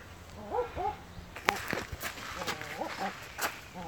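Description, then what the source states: Barking Owl giving a few doubled, gruff woofing notes, broken by sharp clicks and thumps. Captive bird in a wildlife park aviary; sex unknown; calling actively.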